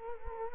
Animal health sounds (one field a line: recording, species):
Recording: mosquito wingbeat signal from an infrared sensor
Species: Culex quinquefasciatus